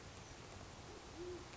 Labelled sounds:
Band-tailed Pigeon (Patagioenas fasciata)

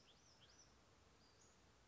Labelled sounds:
Western Flycatcher (Empidonax difficilis)

